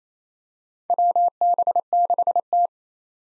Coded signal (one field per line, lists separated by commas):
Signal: Morse code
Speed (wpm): 27 wpm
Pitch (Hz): 700 Hz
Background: none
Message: WB6T